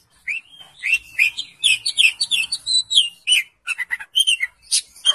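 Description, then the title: Oriental magpie-robin pouring out a continuous varied song of rising and falling whistles mixed with quick harsh chirps. "Kacer"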